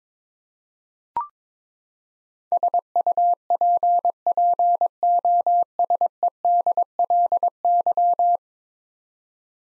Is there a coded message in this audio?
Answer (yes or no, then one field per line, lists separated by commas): yes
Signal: Morse code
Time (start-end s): 2.5-8.4 s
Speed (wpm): 22 wpm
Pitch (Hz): 700 Hz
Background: none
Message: SUPPOSEDLY